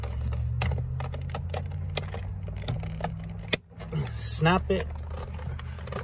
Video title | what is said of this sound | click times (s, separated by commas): Installing my new BMW driver door wood trim. diy | you can hear the snap um | 0.6 s, 2.0 s, 3.5 s